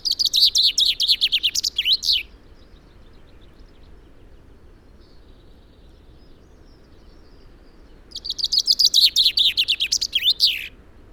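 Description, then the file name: Common chaffinch song, a rapid series of high trilled notes falling in pitch and ending in a flourish, heard twice with a quiet gap between. "Fringilla coelebs"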